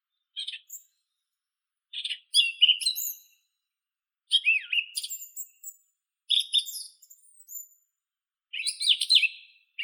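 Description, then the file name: Song thrush song: varied phrases of whistled and scratchy notes, some sweeping down, delivered in clusters separated by short pauses. "Neizvesten - Drozd pevchij Turdus philomelos (Zvyki com)"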